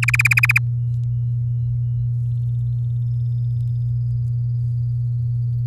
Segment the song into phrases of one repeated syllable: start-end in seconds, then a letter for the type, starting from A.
0.02-0.58 A